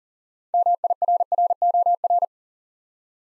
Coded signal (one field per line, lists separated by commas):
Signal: Morse code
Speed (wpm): 43 wpm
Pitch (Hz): 700 Hz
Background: none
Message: MIRROR